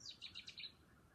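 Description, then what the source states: Bird call: a brief run of five quick, high chirping notes. Calling at night.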